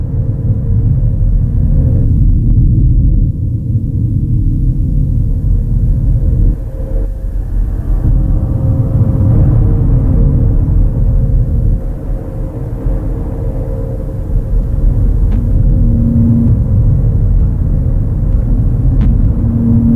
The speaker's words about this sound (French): Il y eut un coup de tonnerre.